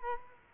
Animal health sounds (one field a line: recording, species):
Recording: mosquito wingbeat signal from an infrared sensor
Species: Culex quinquefasciatus